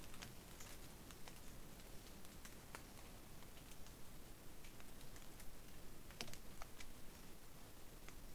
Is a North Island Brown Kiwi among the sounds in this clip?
no